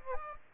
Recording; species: mosquito wingbeat signal from an infrared sensor; Aedes aegypti